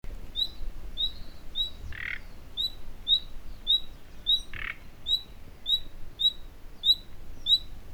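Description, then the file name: Common nightingale giving a regular run of short, high whistled calls, plus two brief rasping notes. "Luscinia megarhynchos"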